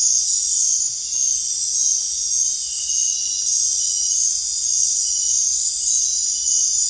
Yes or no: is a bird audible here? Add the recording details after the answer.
no. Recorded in dense forest near Puerto Asís, Putumayo, Colombia, on 29 June 2025 at 19:00. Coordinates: 0.466, -76.327. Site GP04